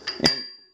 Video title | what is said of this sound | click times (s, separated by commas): DSCN6364 | there so we'll push that in lock it down and they're both popping into place now | 0.3 s